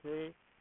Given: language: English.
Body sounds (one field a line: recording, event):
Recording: throat vibration sensor signal played as sound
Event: speech